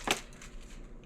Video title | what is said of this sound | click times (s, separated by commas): Unboxing: Cordless Water Flosser for Teeth, EVAJOY IPX7 Oral Irrigator, Portable Rechargeable | you drop this down in you hear a click | 0.1 s